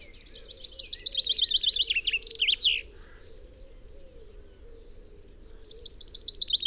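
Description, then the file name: Common chaffinch delivers one full tumbling phrase with an ending flourish, a pause of about three seconds, then the start of a second phrase. "Fringilla coelebs"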